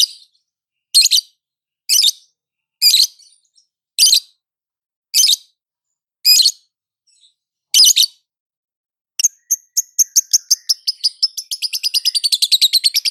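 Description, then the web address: Lovebird calls: harsh shrill squawks repeated about once a second, then a fast series of high buzzy notes to the end. Female. "love-bird suara-lovebird-betina"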